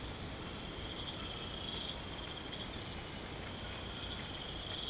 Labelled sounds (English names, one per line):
none